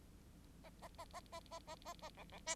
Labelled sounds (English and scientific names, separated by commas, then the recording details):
Bengalese Finch (Lonchura striata domestica) song
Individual Bird9